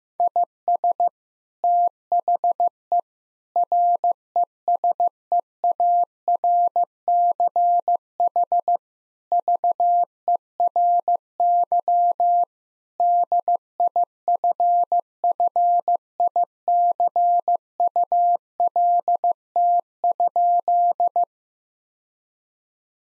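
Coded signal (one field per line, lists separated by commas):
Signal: Morse code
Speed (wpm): 16 wpm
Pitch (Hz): 700 Hz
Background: none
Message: IS THE RESEARCH VERY DIFFICULT?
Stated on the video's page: Morse head-copy practice of sentences built from the top 1000 words at 15 wpm, each sent, then spoken, then sent again.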